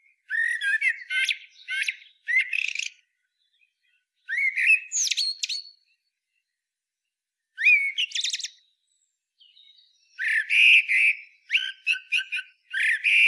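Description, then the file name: Eurasian blackbird singing several phrases in a row, each a brief flutey whistle followed by high, chattering squeaks, separated by short pauses. "Turdus merula"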